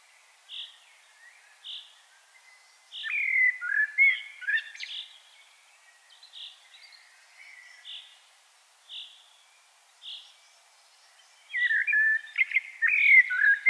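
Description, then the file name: Common blackbird singing rich fluted, warbling phrases twice, while soft short notes repeat in the background. "Turdus merula"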